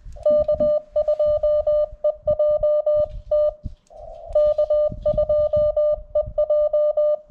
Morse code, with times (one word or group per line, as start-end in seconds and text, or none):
0.3-3.5 K2EJT
4.3-7.1 K2EJ